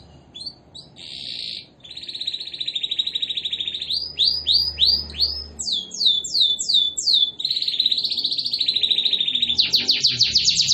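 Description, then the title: Canary song, loud and continuous: buzzy rolls alternate with swift descending sweeps and rapid trills, changing phrase every second or two. Canary in full, persistent song featuring long rolls (roll panjang); described locally as gacor and ngotot. "Kicau Kenari GACOR NGOTOT ROLL PANJANG"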